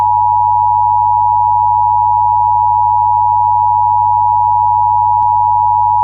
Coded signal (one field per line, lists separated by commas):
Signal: Emergency Alert System (SAME) tones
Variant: 853 and 960 Hz attention tone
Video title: EAS Scenario #4 - Shattered Peace (Kaiserreich)